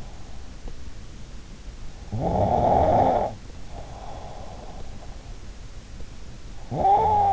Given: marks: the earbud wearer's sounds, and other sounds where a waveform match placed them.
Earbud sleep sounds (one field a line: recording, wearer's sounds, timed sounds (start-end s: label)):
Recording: sounds in sleep by an in-ear microphone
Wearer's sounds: snoring breath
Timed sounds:
2.02-4.83 s: snoring breath
6.61-7.33 s: sound from someone else or the room